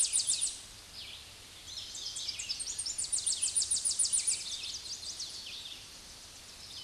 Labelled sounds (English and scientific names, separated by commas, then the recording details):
Tennessee Warbler (Leiothlypis peregrina) song
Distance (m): 15 m
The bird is about 15 m above the microphone
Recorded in a Pennsylvania forest on 16 May 2024 at 06:36
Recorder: AudioMoth, point MSD-1401
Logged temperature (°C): 16.4 °C
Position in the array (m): 68 m, 167 m